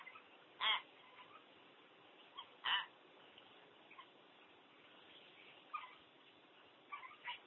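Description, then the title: Common hill myna calls: two loud, harsh harmonic squawks about two seconds apart, with scattered soft whistles and clucks between and after them. "burung beo"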